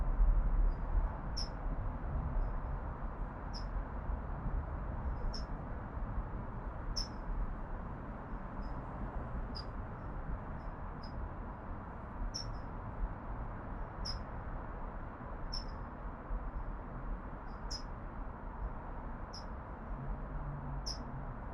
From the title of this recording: Urban Backyard - Oakland, CA